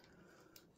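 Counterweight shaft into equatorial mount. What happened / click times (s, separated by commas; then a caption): The threaded metal shaft turned to its stop and locked / 0.0 s, 0.6 s. A metal counterweight shaft is screwed clockwise into the equatorial mount of a Celestron PowerSeeker 127EQ telescope until it stops. Two faint ticks are heard at 0.0 s and 0.6 s as it reaches the stop, and the shaft locks in place, seated.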